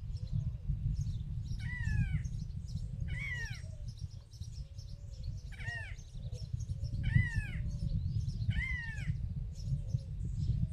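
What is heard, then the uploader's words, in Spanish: Small birds in the countryside chirp in repeated bright, sweeping calls, arriving roughly every one to two seconds, often in pairs. Softer lower whistles weave between them. A steady low rumble runs underneath throughout. Pajaritos en el campo. Lo puse a grabar en el campo, se escucha hasta el viento...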